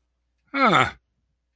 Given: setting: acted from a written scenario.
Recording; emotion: vocal sound without words; confusion